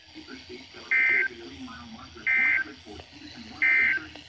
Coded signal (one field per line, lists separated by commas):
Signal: Emergency Alert System (SAME) tones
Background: speech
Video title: Severe Thunderstorm Warning McLean IL (EAS 415-417)